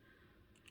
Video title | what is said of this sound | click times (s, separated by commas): More on Sketchmarkers if your interested | Making sure you hear that snap. | 0.7 s